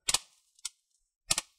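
A plastic palm rest is aligned on a Dell Inspiron 14 3421 laptop base and pinched and squeezed along its edges to snap its clips in. Sharp double snaps come at 0.1 s and 1.3 s with a single snap at 0.7 s. The clips are confirmed seated on the back and front.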